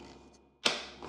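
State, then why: Seated. The plastic dust canister of a Levoit LVAC-300 handheld vacuum is hooked in from the top and pushed into the vacuum body. A quiet rustle leads into a sharp click at 0.7 s, followed by a softer tap near 1.1 s. The canister latches and is seated in place.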